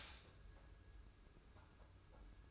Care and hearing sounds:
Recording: daily activity, microphone in the room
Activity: stop toaster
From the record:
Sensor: 2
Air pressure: 991.5 hPa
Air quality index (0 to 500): 189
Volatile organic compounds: 1000 ppm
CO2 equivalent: 6164 ppm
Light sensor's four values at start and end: 32/98/38/36 and 32/98/38/36

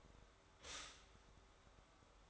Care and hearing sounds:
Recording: daily activity, microphone in the room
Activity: stop toaster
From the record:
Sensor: 3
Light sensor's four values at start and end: 4/11/4/4 and 4/11/4/4

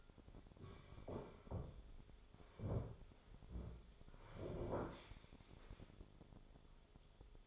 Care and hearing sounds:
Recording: daily activity, microphone in the room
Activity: sit down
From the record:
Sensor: 5

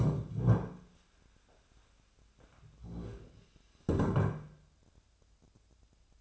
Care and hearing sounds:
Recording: daily activity, microphone in the room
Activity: stand up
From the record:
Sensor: 2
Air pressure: 1015.1 hPa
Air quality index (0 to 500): 173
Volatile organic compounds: 10 ppm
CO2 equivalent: 2256 ppm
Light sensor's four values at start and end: 12/33/13/14 and 10/26/10/11

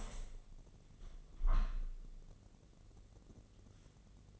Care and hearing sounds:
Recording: daily activity, microphone in the room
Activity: open window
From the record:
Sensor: 4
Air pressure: 1013.1 hPa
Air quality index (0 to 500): 169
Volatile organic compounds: 2 ppm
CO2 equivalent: 1067 ppm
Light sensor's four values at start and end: 38/93/37/37 and 37/90/36/37

